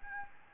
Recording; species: mosquito wingbeat signal from an infrared sensor; Aedes albopictus